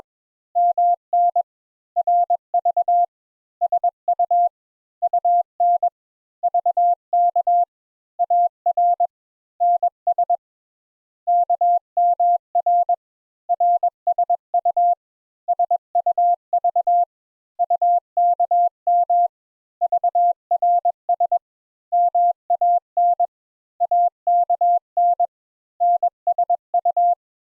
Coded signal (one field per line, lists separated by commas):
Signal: Morse code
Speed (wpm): 21 wpm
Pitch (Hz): 700 Hz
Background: none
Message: MN RV SU UN VK AR NS KMR RSU SUV UKM VRS MAN AKN NSU